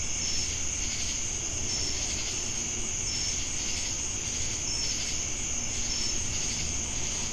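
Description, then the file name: Cricket trill held constant at high pitch, short chirps recurring about every one and a half seconds, with pulsed buzzy insect sound and low background noise. Recorded with cicadas in Jamestown, North Carolina, on 10 August 2018. "Crickets And Sacadas Jamestown NC August-10-2018"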